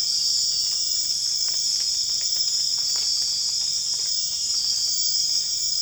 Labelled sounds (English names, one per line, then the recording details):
none
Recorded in secondary vegetation near Puerto Asís, Putumayo, Colombia, on 25 June 2025 at 01:00
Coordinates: 0.485, -76.322
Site GP06